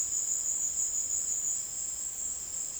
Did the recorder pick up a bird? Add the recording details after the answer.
no. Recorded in secondary vegetation near Puerto Asís, Putumayo, Colombia, on 20 February 2024 at 17:00. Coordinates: 0.468, -76.324. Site G6381